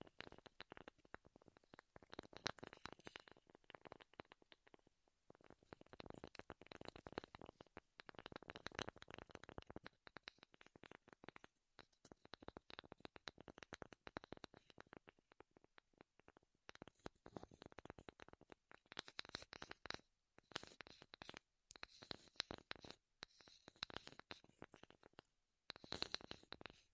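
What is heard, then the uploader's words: Wood triggers: fast, dense bursts of tapping and scratching on wood, crackling across low and bright tones alike. The clicks come in flurries separated by short pauses near 5, 11 and 16 seconds, turning sharper and more clipped in the final stretch. ASMR Wood Triggers in Your Ears (No Talking).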